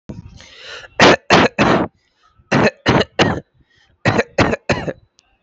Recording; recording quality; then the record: shallow voluntary cough; moderate, slight background noise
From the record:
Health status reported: healthy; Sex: male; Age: 25 years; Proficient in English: yes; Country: India